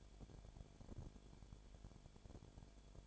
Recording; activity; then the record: daily activity, microphone in the room; no activity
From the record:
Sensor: 5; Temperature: 19.8 degrees Celsius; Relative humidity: 33.3%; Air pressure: 1001.4 hPa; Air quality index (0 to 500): 32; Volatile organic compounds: 1 ppm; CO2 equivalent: 525 ppm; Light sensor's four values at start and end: 2/3/1/1 and 2/3/1/1